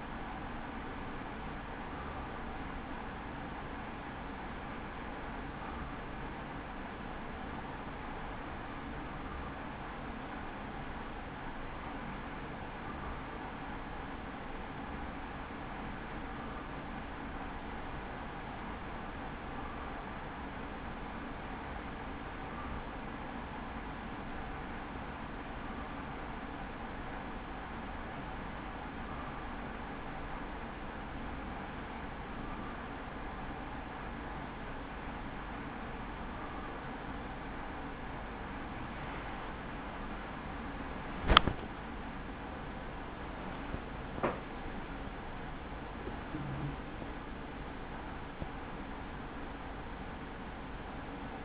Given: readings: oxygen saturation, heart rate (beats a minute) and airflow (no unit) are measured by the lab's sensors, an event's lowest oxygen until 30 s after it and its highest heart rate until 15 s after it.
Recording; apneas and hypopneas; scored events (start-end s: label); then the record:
breathing in sleep by a voice recorder at the bedside; 1
18.00-40.00 s: hypopnea (N2, oxygen 94% highest, then 94% lowest, heart rate 71 at the start, 83 highest)
28.00-51.45 s: new sleep stage, N1 (lightest sleep)
From the record:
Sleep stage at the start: N2 (light sleep); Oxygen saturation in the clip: 94 to 95%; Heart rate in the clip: 64 to 83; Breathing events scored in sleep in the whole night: 160 in 9.3 hours asleep